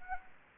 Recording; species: mosquito wingbeat signal from an infrared sensor; Anopheles gambiae